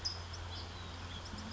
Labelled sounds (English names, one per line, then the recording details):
California Towhee
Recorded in Sonoma County, California